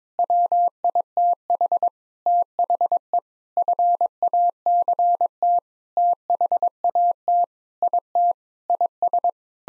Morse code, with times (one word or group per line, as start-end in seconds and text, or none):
0.2-1.9 WITH
2.3-3.2 THE
3.6-5.6 FACT
6.0-7.4 THAT
7.8-8.3 IT
8.7-9.3 IS